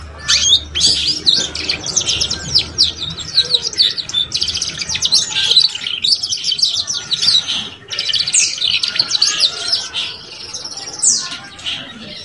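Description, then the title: Canary singing almost nonstop, with fast high trills, buzzy chirps and sharp whistled notes, pausing briefly only a few times over twelve seconds. Belgian canary song used to stimulate young canaries to start singing and chirping quickly. "Canto Para Esquentar Canário Belga. SUARA KENARI PAUD CUIT CUIT BELAJAR BUNYI - pancingan kenari paud muda agar cepat bunyi dan ngeriwik"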